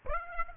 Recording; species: mosquito wingbeat signal from an infrared sensor; Aedes aegypti